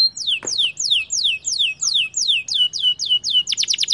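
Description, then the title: Belgian canary singing a clean series of falling whistled notes, about three a second, ending in a faster run of short sweeps. Belgian canary (Kenari AF) warm-up song, used as masteran tutor song to get young canaries singing long rolling song quickly. "Canto Para Esquentar Canário Belga. Kenari AF gacor panjang bagus untuk masteran, Kenari muda cepat gacor ngerol panjang"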